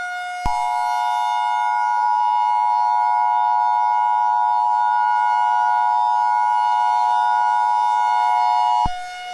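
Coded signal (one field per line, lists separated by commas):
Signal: Emergency Alert System (SAME) tones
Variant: 853 and 960 Hz attention tone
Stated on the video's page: Fictional EAS scenario of a Christmas Day super tornado outbreak.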